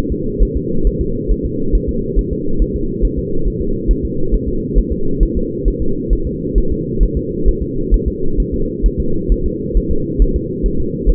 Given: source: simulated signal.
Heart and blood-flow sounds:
fetal heart sounds
0.12 s: S2
0.43 s: S1
0.57 s: S2
0.87 s: S1
1.01 s: S2
1.31 s: S1
1.45 s: S2
1.75 s: S1
1.89 s: S2
2.19 s: S1
2.33 s: S2
2.62 s: S1
2.76 s: S2
3.05 s: S1
3.19 s: S2
3.47 s: S1
3.61 s: S2
3.91 s: S1
4.05 s: S2
4.34 s: S1
4.48 s: S2
4.78 s: S1
4.92 s: S2
5.23 s: S1
5.37 s: S2
5.68 s: S1
5.82 s: S2
6.13 s: S1
6.27 s: S2
6.58 s: S1
6.72 s: S2
7.03 s: S1
7.17 s: S2
7.48 s: S1
7.62 s: S2
7.94 s: S1
8.08 s: S2
8.40 s: S1
8.54 s: S2
8.86 s: S1
9.00 s: S2
9.32 s: S1
9.46 s: S2
9.77 s: S1
9.91 s: S2
10.22 s: S1
10.36 s: S2
10.66 s: S1
10.80 s: S2
11.09 s: S1
From the record:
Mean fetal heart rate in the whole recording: 135 bpm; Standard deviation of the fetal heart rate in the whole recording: 3 bpm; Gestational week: 36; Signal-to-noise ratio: -8.1 dB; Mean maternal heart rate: 72 bpm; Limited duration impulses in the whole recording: present

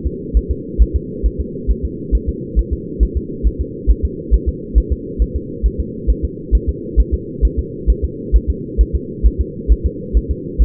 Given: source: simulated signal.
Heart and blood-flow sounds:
fetal heart sounds
0.06 s: S2
0.37 s: S1
0.51 s: S2
0.82 s: S1
0.96 s: S2
1.26 s: S1
1.41 s: S2
1.71 s: S1
1.85 s: S2
2.15 s: S1
2.29 s: S2
2.59 s: S1
2.73 s: S2
3.03 s: S1
3.17 s: S2
3.47 s: S1
3.61 s: S2
3.91 s: S1
4.05 s: S2
4.34 s: S1
4.49 s: S2
4.78 s: S1
4.92 s: S2
5.22 s: S1
5.36 s: S2
5.66 s: S1
5.80 s: S2
6.10 s: S1
6.25 s: S2
6.55 s: S1
6.69 s: S2
7.00 s: S1
7.14 s: S2
7.45 s: S1
7.59 s: S2
7.90 s: S1
8.05 s: S2
8.36 s: S1
8.50 s: S2
8.81 s: S1
8.95 s: S2
9.26 s: S1
9.41 s: S2
9.72 s: S1
9.86 s: S2
10.17 s: S1
10.31 s: S2
10.62 s: S1
From the record:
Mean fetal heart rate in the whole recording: 135 bpm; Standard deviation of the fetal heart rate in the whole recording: 3 bpm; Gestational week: 34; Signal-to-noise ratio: -4.1 dB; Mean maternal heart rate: no maternal heart sound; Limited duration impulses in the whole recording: absent

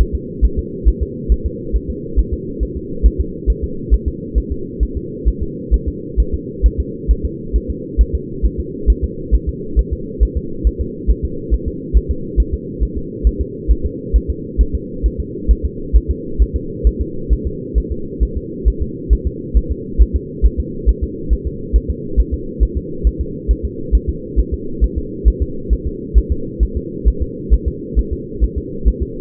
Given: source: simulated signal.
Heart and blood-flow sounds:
fetal heart sounds
0.01 s: S1
0.15 s: S2
0.45 s: S1
0.59 s: S2
0.88 s: S1
1.03 s: S2
1.32 s: S1
1.46 s: S2
1.76 s: S1
1.90 s: S2
2.19 s: S1
2.33 s: S2
2.63 s: S1
2.77 s: S2
3.06 s: S1
3.20 s: S2
3.50 s: S1
3.64 s: S2
3.94 s: S1
4.08 s: S2
4.38 s: S1
4.52 s: S2
4.83 s: S1
4.97 s: S2
5.28 s: S1
5.43 s: S2
5.74 s: S1
5.88 s: S2
6.20 s: S1
6.34 s: S2
6.66 s: S1
6.80 s: S2
7.11 s: S1
7.25 s: S2
7.56 s: S1
7.70 s: S2
8.01 s: S1
8.15 s: S2
8.45 s: S1
8.60 s: S2
8.90 s: S1
9.04 s: S2
9.34 s: S1
9.49 s: S2
9.79 s: S1
9.93 s: S2
10.23 s: S1
10.37 s: S2
10.67 s: S1
10.81 s: S2
11.10 s: S1
11.25 s: S2
11.54 s: S1
11.68 s: S2
11.97 s: S1
12.11 s: S2
12.40 s: S1
12.54 s: S2
12.83 s: S1
12.97 s: S2
13.27 s: S1
13.41 s: S2
13.71 s: S1
13.86 s: S2
14.16 s: S1
14.30 s: S2
14.61 s: S1
14.75 s: S2
15.06 s: S1
15.20 s: S2
15.51 s: S1
15.65 s: S2
15.96 s: S1
16.11 s: S2
16.42 s: S1
16.56 s: S2
16.87 s: S1
17.01 s: S2
17.33 s: S1
17.47 s: S2
17.78 s: S1
17.92 s: S2
18.23 s: S1
18.37 s: S2
18.68 s: S1
18.82 s: S2
19.13 s: S1
19.27 s: S2
19.57 s: S1
19.71 s: S2
20.01 s: S1
20.16 s: S2
20.45 s: S1
20.60 s: S2
20.89 s: S1
21.03 s: S2
21.33 s: S1
21.47 s: S2
21.76 s: S1
21.90 s: S2
22.20 s: S1
22.34 s: S2
22.63 s: S1
22.77 s: S2
23.07 s: S1
23.21 s: S2
23.51 s: S1
23.65 s: S2
23.95 s: S1
24.09 s: S2
24.39 s: S1
24.54 s: S2
24.84 s: S1
24.98 s: S2
25.28 s: S1
25.42 s: S2
25.73 s: S1
25.87 s: S2
26.18 s: S1
26.32 s: S2
26.63 s: S1
26.77 s: S2
27.08 s: S1
27.22 s: S2
27.54 s: S1
27.68 s: S2
27.99 s: S1
28.13 s: S2
28.44 s: S1
28.58 s: S2
28.88 s: S1
29.02 s: S2
From the record:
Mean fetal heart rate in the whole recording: 135 bpm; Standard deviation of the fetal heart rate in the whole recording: 3 bpm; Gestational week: 34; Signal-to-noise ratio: -4.3 dB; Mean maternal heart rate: 72 bpm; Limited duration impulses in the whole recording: absent

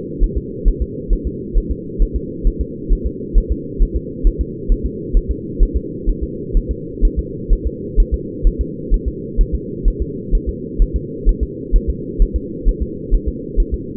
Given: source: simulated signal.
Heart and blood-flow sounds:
fetal heart sounds
0.24 s: S1
0.38 s: S2
0.68 s: S1
0.82 s: S2
1.13 s: S1
1.27 s: S2
1.58 s: S1
1.71 s: S2
2.02 s: S1
2.16 s: S2
2.47 s: S1
2.61 s: S2
2.93 s: S1
3.06 s: S2
3.38 s: S1
3.52 s: S2
3.83 s: S1
3.96 s: S2
4.27 s: S1
4.41 s: S2
4.72 s: S1
4.86 s: S2
5.17 s: S1
5.31 s: S2
5.63 s: S1
5.77 s: S2
6.10 s: S1
6.23 s: S2
6.57 s: S1
6.71 s: S2
7.05 s: S1
7.19 s: S2
7.53 s: S1
7.67 s: S2
8.00 s: S1
8.14 s: S2
8.47 s: S1
8.61 s: S2
8.94 s: S1
9.08 s: S2
9.41 s: S1
9.55 s: S2
9.88 s: S1
10.02 s: S2
10.35 s: S1
10.49 s: S2
10.82 s: S1
10.96 s: S2
11.29 s: S1
11.43 s: S2
11.76 s: S1
11.90 s: S2
12.22 s: S1
12.36 s: S2
12.69 s: S1
12.83 s: S2
13.15 s: S1
13.29 s: S2
13.60 s: S1
13.74 s: S2
From the record:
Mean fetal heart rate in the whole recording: 130 bpm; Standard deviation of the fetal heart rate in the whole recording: 4 bpm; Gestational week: 38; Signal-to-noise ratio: -4.1 dB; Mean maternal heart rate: no maternal heart sound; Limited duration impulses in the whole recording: absent

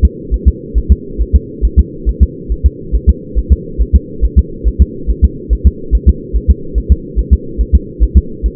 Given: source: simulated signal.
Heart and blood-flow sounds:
fetal heart sounds
0.05 s: S2
0.34 s: S1
0.48 s: S2
0.78 s: S1
0.92 s: S2
1.21 s: S1
1.35 s: S2
1.65 s: S1
1.79 s: S2
2.09 s: S1
2.23 s: S2
2.52 s: S1
2.66 s: S2
2.95 s: S1
3.09 s: S2
3.38 s: S1
3.52 s: S2
3.81 s: S1
3.96 s: S2
4.24 s: S1
4.39 s: S2
4.68 s: S1
4.82 s: S2
5.10 s: S1
5.24 s: S2
5.53 s: S1
5.67 s: S2
5.95 s: S1
6.09 s: S2
6.36 s: S1
6.50 s: S2
6.78 s: S1
6.92 s: S2
7.19 s: S1
7.33 s: S2
7.61 s: S1
7.75 s: S2
8.03 s: S1
8.17 s: S2
8.46 s: S1
From the record:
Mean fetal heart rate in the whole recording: 140 bpm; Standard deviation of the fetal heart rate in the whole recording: 2 bpm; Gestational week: 34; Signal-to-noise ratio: -4.3 dB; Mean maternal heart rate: 72 bpm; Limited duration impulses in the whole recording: absent

